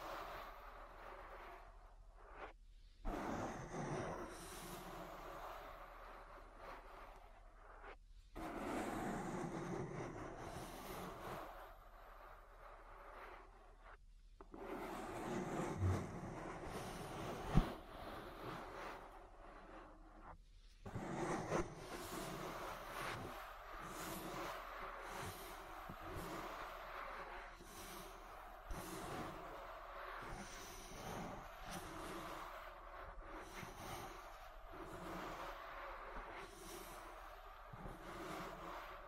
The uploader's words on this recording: ASMR Relaxing Ear Massage. (No Talking).